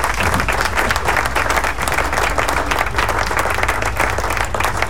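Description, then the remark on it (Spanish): A crowd applauds steadily, dense clapping at an even loudness for about five seconds with no pause or voices standing out. “Así que aplauso.”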